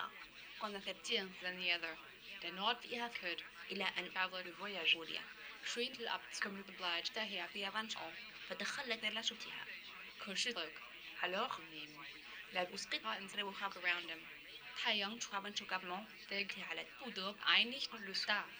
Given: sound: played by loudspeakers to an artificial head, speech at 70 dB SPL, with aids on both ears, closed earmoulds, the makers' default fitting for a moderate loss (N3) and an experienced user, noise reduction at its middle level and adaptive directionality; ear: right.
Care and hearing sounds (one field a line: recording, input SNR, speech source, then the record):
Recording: speech test signal (ISTS) in cocktail-party noise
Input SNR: +9 dB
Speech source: on the right (90 degrees)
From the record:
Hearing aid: class 2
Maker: F